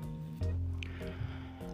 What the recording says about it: That's my dog snoring in the background.